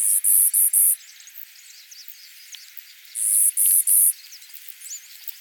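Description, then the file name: Clay-colored sparrow singing two phrases, the first of four and the second of three dry, high buzzes, about three seconds apart, with soft chips and twitters between. "Spizella pallida - Clay-colored Sparrow"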